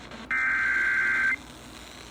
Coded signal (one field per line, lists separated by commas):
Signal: Emergency Alert System (SAME) tones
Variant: header bursts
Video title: DELICATE... Severe Thunderstorm Warnings from WVJS and WBKR (EAS #302-303)